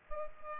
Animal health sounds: mosquito wingbeat signal from an infrared sensor; Culex pipiens

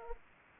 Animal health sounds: mosquito wingbeat signal from an infrared sensor; Anopheles gambiae

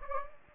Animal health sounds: mosquito wingbeat signal from an infrared sensor; Anopheles gambiae

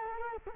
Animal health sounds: mosquito wingbeat signal from an infrared sensor; Culex quinquefasciatus

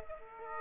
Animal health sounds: mosquito wingbeat signal from an infrared sensor; Aedes aegypti

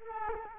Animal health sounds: mosquito wingbeat signal from an infrared sensor; Culex quinquefasciatus

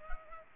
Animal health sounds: mosquito wingbeat signal from an infrared sensor; Culex pipiens

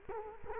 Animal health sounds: mosquito wingbeat signal from an infrared sensor; Culex quinquefasciatus

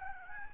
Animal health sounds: mosquito wingbeat signal from an infrared sensor; Aedes albopictus

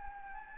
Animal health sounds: mosquito wingbeat signal from an infrared sensor; Anopheles gambiae

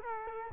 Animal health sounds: mosquito wingbeat signal from an infrared sensor; Culex quinquefasciatus

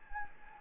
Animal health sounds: mosquito wingbeat signal from an infrared sensor; Anopheles gambiae

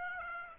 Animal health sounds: mosquito wingbeat signal from an infrared sensor; Aedes aegypti

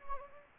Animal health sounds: mosquito wingbeat signal from an infrared sensor; Anopheles gambiae

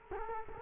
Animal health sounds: mosquito wingbeat signal from an infrared sensor; Culex quinquefasciatus

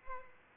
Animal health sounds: mosquito wingbeat signal from an infrared sensor; Aedes albopictus

